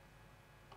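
The revolving nosepiece of a microscope is turned to bring the 4x objective lens into the light path. Under a steady low background, a short, sharp tick sounds at 0.7 s as the detent clicks and the objective seats in position.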